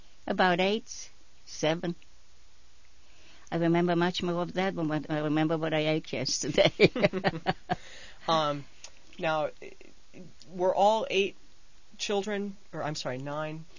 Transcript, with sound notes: About eight, seven. I remember much more of that than I remember what I ate yesterday. ( they laugh )
Now, were all eight children, or, I'm sorry, nine...